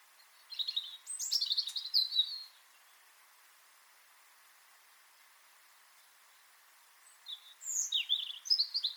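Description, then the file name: European robin song, a rich high phrase of twittering and sliding whistles, a quiet gap, then another sweet, jumbled phrase near the end. "Erithacus rubecula"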